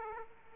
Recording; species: mosquito wingbeat signal from an infrared sensor; Aedes aegypti